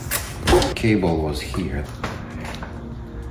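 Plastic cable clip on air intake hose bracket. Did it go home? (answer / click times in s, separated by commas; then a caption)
no / none. Someone talks while handling the plastic cable retaining clips on the air intake hose bracket of a 2003–2008 Honda Pilot during air intake hose refitting, with a few short, sharp hits near the end. The clips are being worked toward their mounts, but nothing has seated or clicked yet.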